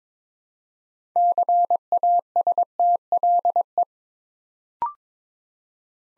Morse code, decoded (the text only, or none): CASTLE